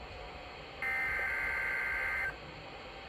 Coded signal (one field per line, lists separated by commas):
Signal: Emergency Alert System (SAME) tones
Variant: header bursts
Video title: Savannah RWT (Clear Quality) | EAS #75